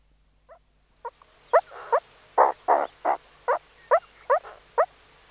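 Meerkat calls: about a dozen short calls roughly every half second, mixing rising chirps with fuller, harsher bark-like notes over faint low hum.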